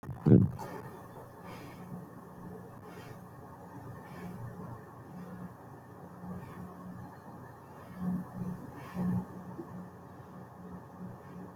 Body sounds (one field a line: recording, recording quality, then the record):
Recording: shallow breathing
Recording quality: excellent, no background noise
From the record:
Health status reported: exposed to COVID-19, no respiratory illness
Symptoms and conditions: cough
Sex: male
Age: 29 years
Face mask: not worn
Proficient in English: yes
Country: India